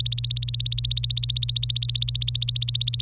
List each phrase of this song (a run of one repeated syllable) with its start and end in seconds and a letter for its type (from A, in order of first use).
0.00-3.02 A